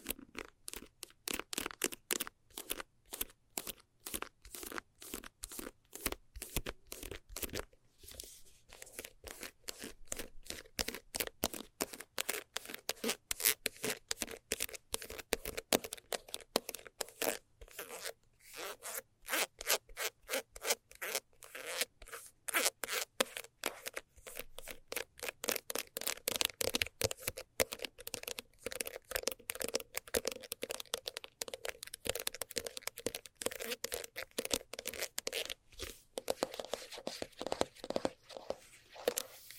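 Fast scratching runs for the whole stretch: a rapid, unbroken stream of short, rasping strokes, bright and crackly, with a low steady hum beneath. The pace stays brisk throughout, thinning briefly around eight seconds and growing densest between about twenty-five and thirty-seven seconds.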